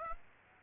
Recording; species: mosquito wingbeat signal from an infrared sensor; Aedes aegypti